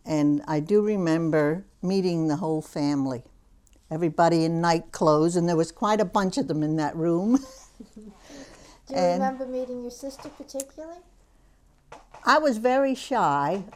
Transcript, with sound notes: And I do remember meeting the whole family, everybody in night clothes. And there was quite a bunch of them in that room. ( she laughs )
Do you remember meeting your sister, particularly?
I was very shy.